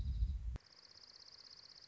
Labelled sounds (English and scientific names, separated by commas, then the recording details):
Dark-eyed Junco (Junco hyemalis)
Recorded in Sonoma County, California